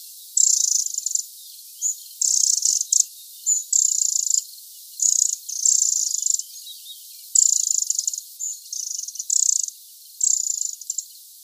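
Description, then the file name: Eurasian wren calling with a rapid series of high, buzzy rattles, each under a second, repeated almost continuously with short gaps. "Troglodytes troglodytes"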